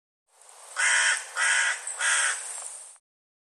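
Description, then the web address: Bird uttering three loud, hoarse caws in quick succession, each harsh and broad-toned. "cianscape birddata Deverinetal 2025"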